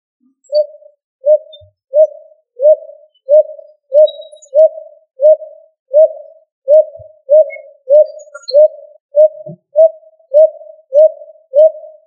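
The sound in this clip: Pigeon cooing, a steady series of short, mellow hooting notes repeated regularly throughout with hardly a pause.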